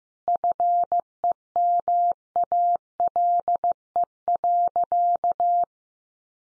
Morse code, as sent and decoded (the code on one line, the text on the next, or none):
..-. . -- .- .-.. . .-.-.-
FEMALE.